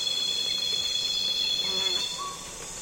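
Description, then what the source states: Cicada call, a loud steady high-pitched drone that holds throughout, then fades slightly near the end, with faint insect buzzes beneath. Loud cicadas calling on a calm afternoon in Congo basin rainforest, with other insects flying and buzzing close to the microphones.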